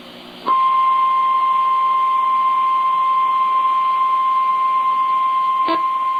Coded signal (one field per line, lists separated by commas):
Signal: Emergency Alert System (SAME) tones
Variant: 1050 Hz attention tone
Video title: EAS Compilation Alerts for Hurricane Florence 9-11-2018 to 9-16-2018